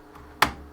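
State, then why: Seated. A recapped power supply unit is pushed into the plastic chassis of a vintage Macintosh LC desktop computer. After a quiet stretch, a single sharp, loud snap rings out at 0.4 seconds and decays quickly. The power supply snaps into place and is seated.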